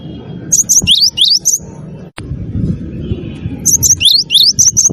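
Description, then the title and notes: Bird singing two runs of high, quick chirps with a sharp click between them, low background noise throughout. Melodious bird sound used as a phone ringtone. "ND Burung. Nada Dering Burung Dengan Suara Merdu"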